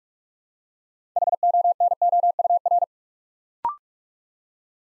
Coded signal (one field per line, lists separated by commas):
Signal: Morse code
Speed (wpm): 44 wpm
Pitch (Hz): 700 Hz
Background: none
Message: HONOUR